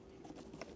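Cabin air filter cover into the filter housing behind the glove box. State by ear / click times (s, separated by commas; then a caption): seated / 0.6 s. With a new cabin air filter slid into its housing behind the glove box of a Kia Soul, the plastic filter cover is pushed back on. A short, sharp click sounds at 0.6 s over a low background of small handling noises, and the cover is seated shut.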